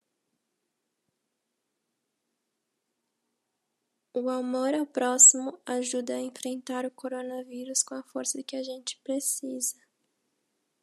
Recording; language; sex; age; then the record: spoken sentence; Brazilian Portuguese; female; 20 to 29 years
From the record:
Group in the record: control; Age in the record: 20 years